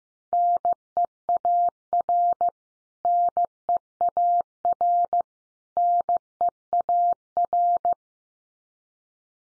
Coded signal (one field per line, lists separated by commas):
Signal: Morse code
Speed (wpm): 15 wpm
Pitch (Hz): 700 Hz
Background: none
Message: NEAR NEAR NEAR